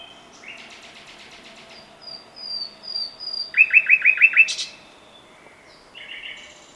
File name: Luscinia megarhynchos